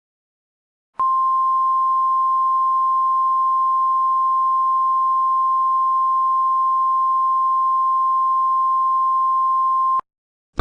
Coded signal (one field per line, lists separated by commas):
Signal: Emergency Alert System (SAME) tones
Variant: 1050 Hz attention tone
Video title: [EAS] Repeating Text Test 2